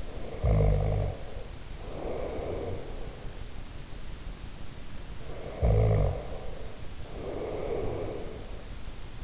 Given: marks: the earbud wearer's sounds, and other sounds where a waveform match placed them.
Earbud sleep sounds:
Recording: sounds in sleep by an in-ear microphone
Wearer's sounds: snoring breath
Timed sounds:
0.00-3.29 s: snoring breath
5.09-8.83 s: snoring breath

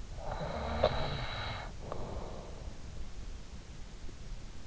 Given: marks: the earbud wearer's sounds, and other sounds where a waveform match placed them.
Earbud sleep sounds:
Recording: sounds in sleep by an in-ear microphone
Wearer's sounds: snoring breath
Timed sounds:
0.12-3.01 s: snoring breath

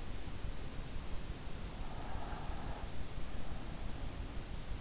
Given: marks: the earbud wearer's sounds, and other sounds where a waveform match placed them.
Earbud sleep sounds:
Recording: sounds in sleep by an in-ear microphone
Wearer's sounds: breath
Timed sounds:
1.85-3.22 s: breath

